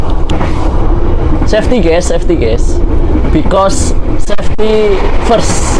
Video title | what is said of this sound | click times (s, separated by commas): KERETA EKONOMI TERMURAH JOGJA JAKARTA‼️ SETAHUN CUMA JALAN 2 KALI😦🔥 Trip KA Motis Nataru Tengah | sampai klik ya. | 0.3 s